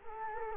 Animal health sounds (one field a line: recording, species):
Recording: mosquito wingbeat signal from an infrared sensor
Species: Culex quinquefasciatus